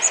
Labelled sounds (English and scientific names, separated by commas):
Blue-winged Warbler (Vermivora cyanoptera) flight call